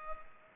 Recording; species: mosquito wingbeat signal from an infrared sensor; Culex pipiens